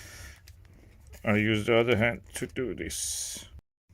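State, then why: Not seated. Someone talks while handling the plastic floor head of an Ambiano cordless stick vacuum from Aldi, lining it up to push onto the wand so the head's electrical plug meets the wand's plug. A few faint handling ticks come at about 0.5, 0.7 and 1.1 s. Nothing has seated or clicked yet when the clip ends.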